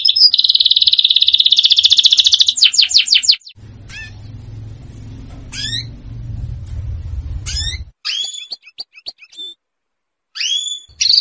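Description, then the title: Belgian canary giving a dense high trill that breaks into rapid rolls. During and after a low rumbling noise come scattered sharp, downward-sweeping high call notes. Female Belgian canary calling a male; sound meant to warm up, or stimulate, canaries. "Canto Para Esquentar Canário Belga. SUARA BURUNG KENARI BETINA MEMANGGIL JANTAN"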